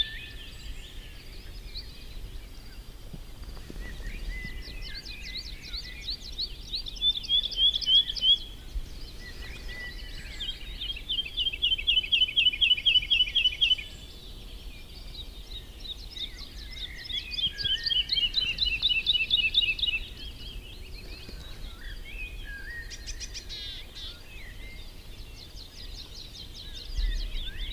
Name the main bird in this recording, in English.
Wood Lark